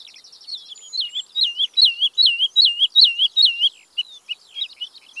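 Woodlark song: a rapid run of several repeated liquid, looping notes in a steady series, then a few scattered softer notes trailing off.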